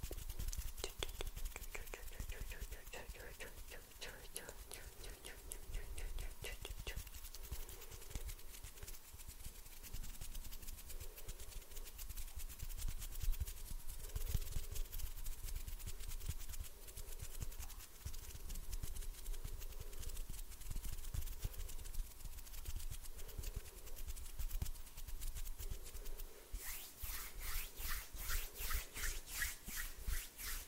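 Fingers flutter and hands move in a steady stream of soft, rapid rustling and tapping, dense and crisp throughout. From about 7 seconds a low, muffled thump recurs every couple of seconds, and near 27 seconds the fluttering turns brighter and more rhythmic. No speech.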